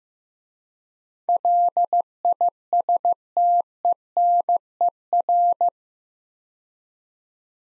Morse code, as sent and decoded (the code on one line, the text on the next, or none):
.-.. .. ... - . -. . .-.
LISTENER